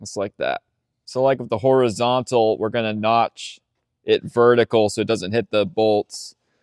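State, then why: Not seated. Someone talks while handling a notched plastic reducer piece that is being fitted into a vertical fence rail while building a privacy fence panel, notched so it doesn't hit the bolts. Only speech is heard, with no distinct click or impact. The piece has not seated or clicked into place yet.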